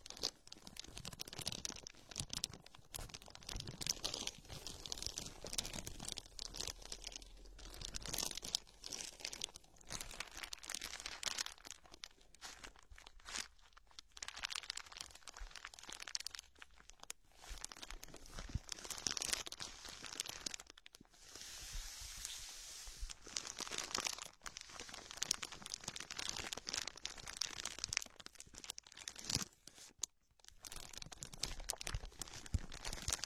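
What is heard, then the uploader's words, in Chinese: Plastic everyday objects are handled throughout, with dense crinkling and crunching that comes in bursts, briefly pausing around the 30-second mark. 日常用品（塑料制品）的触发音。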